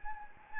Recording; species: mosquito wingbeat signal from an infrared sensor; Anopheles gambiae